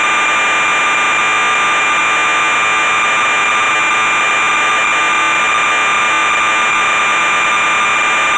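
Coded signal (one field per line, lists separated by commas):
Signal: computer data on cassette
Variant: MSX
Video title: MSX VG-8020 - ZAXXON - Cassette Tape Loading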